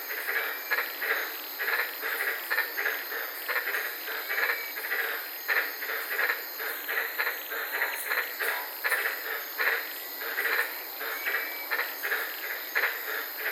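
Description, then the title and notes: White-lipped tree frogs in a busy chorus, many harsh croaking pulses overlapping without pause against a constant high-pitched buzzing background. Several frogs calling at night in the Daintree rainforest, Queensland; heard from inside a parked car. "in the Daintree rainforest in Queensland this night and fell asleep listening to these amazing White lipped frogs"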